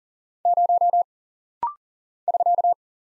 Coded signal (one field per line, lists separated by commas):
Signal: Morse code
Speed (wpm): 40 wpm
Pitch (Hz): 700 Hz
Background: none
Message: 0 <SK>